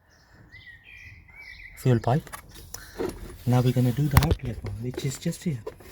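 On a Hyundai i30, the blue outlet fuel pipe quick connector is handled at the diesel fuel filter housing, after faint chirping and outdoor background noise. Someone talks, and a brief sharp sound comes at about 2.7 s. The connector has not yet been pushed home: nothing has seated or clicked yet.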